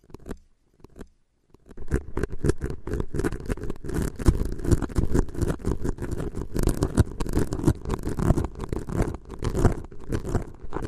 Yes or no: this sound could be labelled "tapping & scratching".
yes